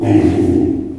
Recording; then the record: squeal of a Yucatan mini pig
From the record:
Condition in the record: before surgery on the right vocal fold (resection and tissue-engineered implant); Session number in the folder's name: 2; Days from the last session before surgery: -15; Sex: female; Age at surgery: 19 weeks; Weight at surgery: 25 kg